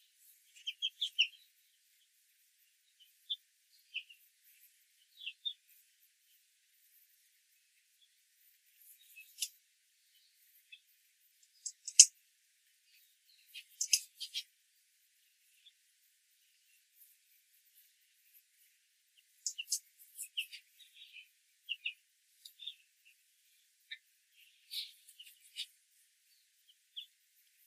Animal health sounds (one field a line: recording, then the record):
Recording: young laying hens in a cage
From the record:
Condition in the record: control cage, after the stress test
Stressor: none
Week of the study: 4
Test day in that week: 1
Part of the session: 1